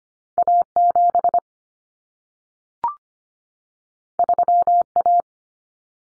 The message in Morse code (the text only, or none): A7 3A